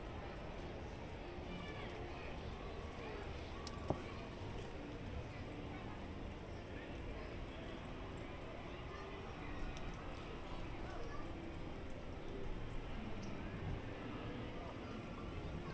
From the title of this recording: Disneyland Park Binaural Walk Through